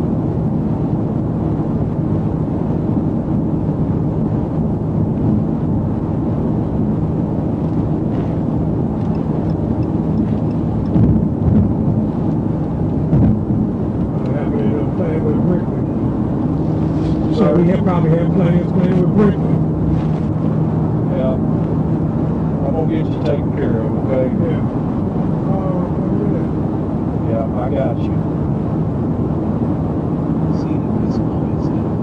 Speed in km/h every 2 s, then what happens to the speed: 121, 121, 121, 121, 121, 121, 119, 118, 118, 119, 122, 122, 122, 122, 122, 122.
0-32 steady at about 121.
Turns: none.